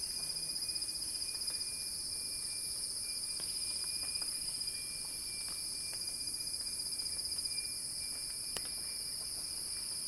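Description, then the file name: Cicadas keep up a high sizzling buzz without pause, with soft ticking and an occasional sharp click underneath. Cicadas singing in a crescendo. "earth-fm Axel-Drioli Cicada-Crescendo-Sounding-Wild"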